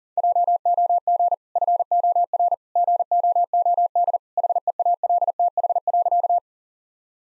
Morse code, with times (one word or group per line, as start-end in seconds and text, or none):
0.2-1.3 JOG
1.6-2.5 FOR
2.8-4.2 GOOD
4.4-6.4 HEALTH.